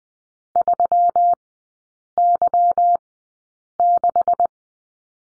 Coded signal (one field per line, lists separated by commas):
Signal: Morse code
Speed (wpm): 19 wpm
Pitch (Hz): 700 Hz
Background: none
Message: 3Y6